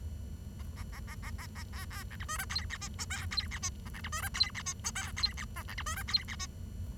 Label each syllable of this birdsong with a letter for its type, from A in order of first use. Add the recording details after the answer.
A A A A A A A B B C D E F G H I J K G H I A C D E F G H I J K G H A C D E F G H I. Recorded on 23 June 2012 at 09:29. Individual gr41rd51